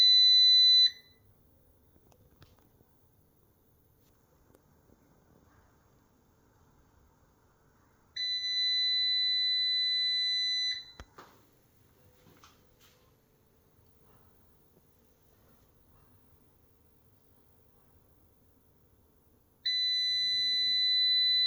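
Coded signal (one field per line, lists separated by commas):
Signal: alarm pattern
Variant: solar inverter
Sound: piercing 2 kHz beep lasting about 2.5 seconds, repeating roughly every 11 seconds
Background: quiet room, faint clicks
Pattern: 1 long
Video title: Solar Inverter Beep Sound: why my inverter is making sound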